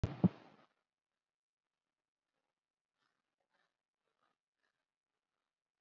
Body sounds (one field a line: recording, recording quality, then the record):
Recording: deep breathing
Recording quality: poor, much background noise or distortion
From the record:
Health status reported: COVID-19 positive, moderate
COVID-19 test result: positive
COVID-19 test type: RT-PCR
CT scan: taken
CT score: 8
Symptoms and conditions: cough, cold, breathing difficulty, fever, fatigue, loss of smell and taste, another condition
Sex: female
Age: 43 years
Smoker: no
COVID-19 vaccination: none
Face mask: worn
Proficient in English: no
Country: India